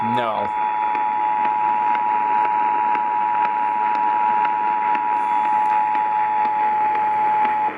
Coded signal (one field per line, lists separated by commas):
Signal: Emergency Alert System (SAME) tones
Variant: 853 and 960 Hz attention tone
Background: speech